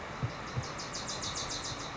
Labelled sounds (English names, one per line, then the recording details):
Wilson's Warbler
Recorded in Sonoma County, California